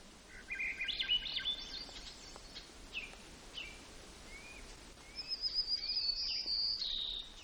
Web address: alaska acoustic highlights highlights audio BIRDS. White Crowned